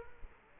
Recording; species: mosquito wingbeat signal from an infrared sensor; Culex quinquefasciatus